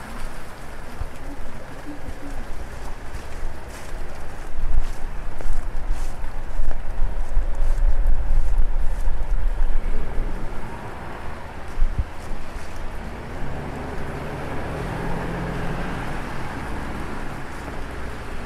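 Walking in the rain downtown, with a steady wash of hiss over a deep, constant rumble of traffic. A passing vehicle swells louder from about five to ten seconds, then fades back. Scattered small ticks and taps run throughout.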